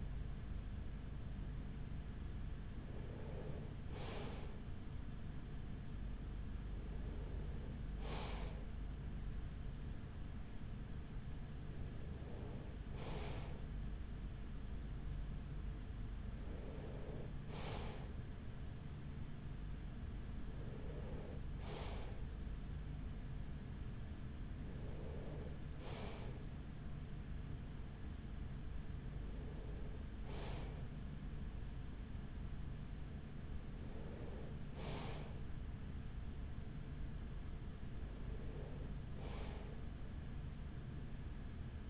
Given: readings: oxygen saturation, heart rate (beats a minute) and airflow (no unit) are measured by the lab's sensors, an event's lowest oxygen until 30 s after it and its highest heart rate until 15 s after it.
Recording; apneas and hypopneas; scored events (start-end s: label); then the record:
breathing in sleep by a smartphone at the bedside; none
none scored
From the record:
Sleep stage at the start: N3 (deep sleep); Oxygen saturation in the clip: 94 to 95%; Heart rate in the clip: 42 to 46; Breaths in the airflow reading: 9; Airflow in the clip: -6.3 to 5.6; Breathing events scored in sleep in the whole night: 207 in 7.6 hours asleep